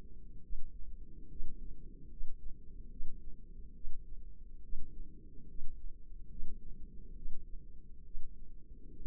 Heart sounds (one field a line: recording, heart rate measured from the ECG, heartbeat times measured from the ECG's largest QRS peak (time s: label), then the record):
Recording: heart sounds by microphone in the left ear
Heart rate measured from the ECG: 70 bpm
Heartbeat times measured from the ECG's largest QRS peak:
0.45 s: heartbeat
1.32 s: heartbeat
2.12 s: heartbeat
2.93 s: heartbeat
3.77 s: heartbeat
4.65 s: heartbeat
5.51 s: heartbeat
6.32 s: heartbeat
7.18 s: heartbeat
8.07 s: heartbeat
8.98 s: heartbeat
From the record:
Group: healthy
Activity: rest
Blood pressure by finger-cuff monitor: 158/93 mmHg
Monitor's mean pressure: 110 mmHg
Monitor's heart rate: 70 bpm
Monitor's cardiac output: 8.4 L/min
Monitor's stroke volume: 116 mL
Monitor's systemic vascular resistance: 970 dyn s/cm5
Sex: male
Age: 30 years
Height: 188 cm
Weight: 110.2 kg